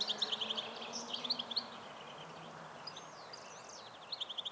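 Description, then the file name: European goldfinch calls: quick bursts of high, tinkling ticks in short runs, with a few thin slurred notes and a steady faint background hiss. "Carduelis carduelis"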